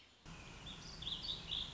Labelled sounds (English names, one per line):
Warbling Vireo